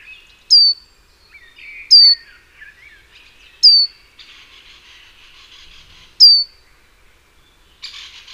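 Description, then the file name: Great tit giving four piercing, downward-swept call notes spaced about one and a half to two and a half seconds apart, while quieter bird chatter and brief noisy bursts fill the gaps. "Parus major"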